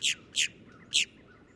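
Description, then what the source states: Boat-tailed Grackle calls: three short, sharp, high chip notes, the first two close together and the third after a brief pause, over a quiet background. Found in tidal zones along the Gulf and Atlantic coasts of the U.S.; pickier about habitat than other grackles.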